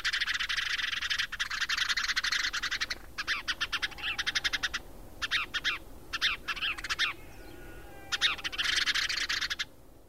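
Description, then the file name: Spanish sparrows chirping in a dense chorus: bursts of rapid, overlapping chirps broken by short pauses. "weidensperling"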